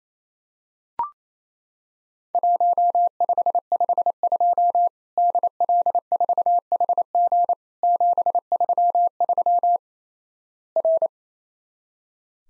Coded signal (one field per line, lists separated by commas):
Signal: Morse code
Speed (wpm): 28 wpm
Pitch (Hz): 700 Hz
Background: none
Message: 1552 DL4HG 733 R